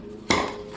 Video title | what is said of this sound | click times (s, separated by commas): 2018 VW Golf R - MK 7.5 - Spare Tire Retrofit | fits all right snaps right in there until I | 0.3 s